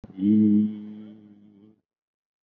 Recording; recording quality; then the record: sustained vowel as in beet; excellent, no background noise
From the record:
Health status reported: COVID-19 positive, moderate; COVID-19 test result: positive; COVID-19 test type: RT-PCR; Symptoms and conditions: cough, breathing difficulty, fever, fatigue, muscle pain, loss of smell and taste, hypertension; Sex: male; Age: 50 years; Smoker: no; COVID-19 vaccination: both doses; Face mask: worn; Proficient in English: no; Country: India